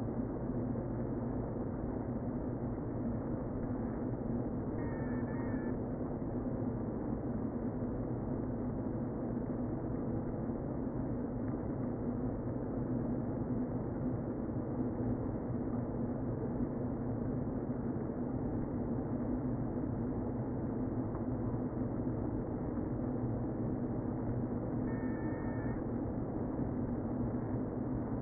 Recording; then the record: honeybee colony, microphone inside the hive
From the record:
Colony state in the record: queen present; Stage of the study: before two queens were removed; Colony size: about 60,000 bees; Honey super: yes